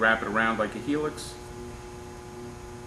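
A retaining ring is wrapped like a helix or spiral into the slot of a torque multiplier's reaction arm groove before it is seated. Someone talks for about the first second, and then only a steady low hum remains. Nothing has seated or clicked yet.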